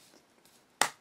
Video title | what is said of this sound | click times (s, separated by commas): iPhone 6/6 Plus battery replacement [The right way!] | there it goes you hear it snap okay it should just snap down and pretty simple | 0.8 s